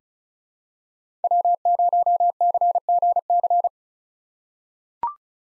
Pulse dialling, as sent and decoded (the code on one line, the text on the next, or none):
none